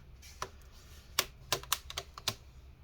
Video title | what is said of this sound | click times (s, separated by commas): DELL G3 Screen LCD Bezel Hinge Repair | Click it all down. | 0.4 s, 1.2 s, 1.5 s, 1.7 s, 2.0 s, 2.3 s